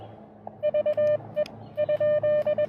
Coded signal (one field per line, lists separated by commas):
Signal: Morse code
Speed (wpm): 21 wpm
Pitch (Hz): 600 Hz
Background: none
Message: VE ?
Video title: Battle of the Bands: QRP POTA with Friends at Scioto Trail State Park!